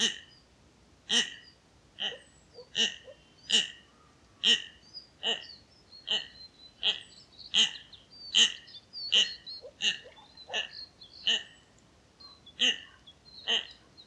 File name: Klykuolė - Common Goldeneye - Bucephala clangula